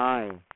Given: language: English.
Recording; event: throat vibration sensor signal played as sound; speech